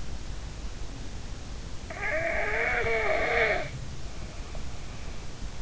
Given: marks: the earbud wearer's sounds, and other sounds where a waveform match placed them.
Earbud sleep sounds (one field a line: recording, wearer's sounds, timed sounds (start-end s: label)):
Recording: sounds in sleep by an in-ear microphone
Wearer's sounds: snoring breath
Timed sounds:
1.92-3.91 s: snoring breath